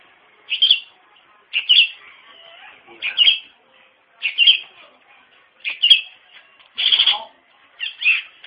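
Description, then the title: Long-tailed shrike song: several short harsh grating bursts separated by pauses, each a brief scratchy burst. Singing lively (gacor). "Cendet Gacor"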